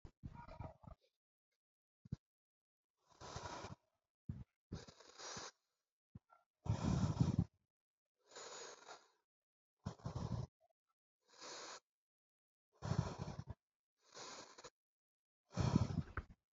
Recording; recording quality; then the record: deep breathing; excellent, no background noise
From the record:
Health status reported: healthy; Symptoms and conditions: none ticked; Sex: male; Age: 44 years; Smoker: not ticked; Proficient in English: yes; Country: India